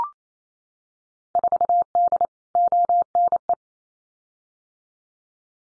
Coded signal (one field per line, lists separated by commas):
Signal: Morse code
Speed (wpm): 28 wpm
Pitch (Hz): 700 Hz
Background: none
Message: 4D ONE